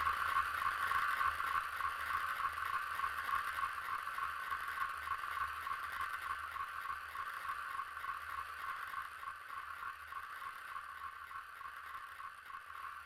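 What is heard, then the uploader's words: A ping-pong ball rattles and bounces on a metal tray in a fast, dense stream of tiny ticks, merging into a continuous bright, ringing buzz. The rattling stays steady throughout and slowly fades a little toward the end, over a faint low hum. Balle de ping-pong sur plateau de métal.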